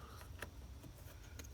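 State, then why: Not seated. A nylon license-plate style clip nut is handled at a mounting hole for a Norcold RV fridge vent during a vent latch fix. Over a low steady rumble, two brief sharp ticks of handling are heard at about 0.4 and 1.4 seconds. Nothing has seated or clicked into the hole yet.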